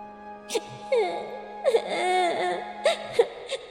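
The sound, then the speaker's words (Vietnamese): A child cries mournfully in broken, wavering wails, the pitch sliding up and down between short sobbing catches of breath, with a steady low hum underneath. “Nhưng đứa bé bên cạnh hai người phụ nữ kia đang khóc, tiếng khóc nghe như ai oán, như đang trách gã.”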